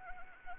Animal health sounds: mosquito wingbeat signal from an infrared sensor; Anopheles arabiensis

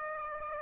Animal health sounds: mosquito wingbeat signal from an infrared sensor; Aedes aegypti

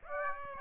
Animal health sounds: mosquito wingbeat signal from an infrared sensor; Aedes aegypti

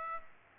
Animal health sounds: mosquito wingbeat signal from an infrared sensor; Aedes aegypti

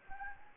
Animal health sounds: mosquito wingbeat signal from an infrared sensor; Anopheles gambiae

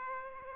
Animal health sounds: mosquito wingbeat signal from an infrared sensor; Aedes aegypti

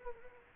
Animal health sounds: mosquito wingbeat signal from an infrared sensor; Culex quinquefasciatus

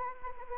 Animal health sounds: mosquito wingbeat signal from an infrared sensor; Anopheles gambiae

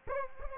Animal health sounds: mosquito wingbeat signal from an infrared sensor; Aedes aegypti

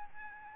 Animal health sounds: mosquito wingbeat signal from an infrared sensor; Aedes albopictus

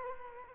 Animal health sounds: mosquito wingbeat signal from an infrared sensor; Culex quinquefasciatus

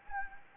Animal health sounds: mosquito wingbeat signal from an infrared sensor; Anopheles gambiae

